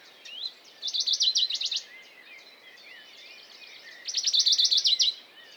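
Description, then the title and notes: Western Bonelli's warbler: two short, even trills of high ticking notes, with thin whistles from other birds between them. Dawn chorus, 6 May 2020, Piste aux espagnols, Valmaravel, Drôme; unpaired bird perched on a small pine branch, rapid courtship song to attract a female; Nagra Seven recorder, MKH40 microphone. "CHORUS DE BONELLI. 06 mai 2020-Piste aux espagnols - Valmaravel - Drôme. Pouillot de Bonelli (Phylloscopus bonelli)"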